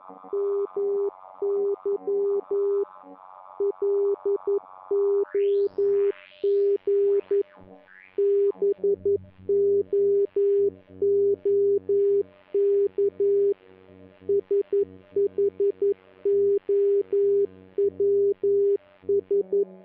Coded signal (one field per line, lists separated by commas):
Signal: Morse code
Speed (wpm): 11 wpm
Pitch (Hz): 400 Hz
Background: none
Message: MY LOG BOOK SHOWS